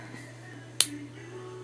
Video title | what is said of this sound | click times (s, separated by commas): Howa 1500 firing pin removal from the bolt | it just clicks back in at that point ready | 0.8 s